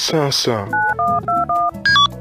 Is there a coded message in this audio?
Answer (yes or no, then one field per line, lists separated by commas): yes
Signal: DTMF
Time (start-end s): 0.7-1.7 s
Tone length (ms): 220 ms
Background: speech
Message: 9121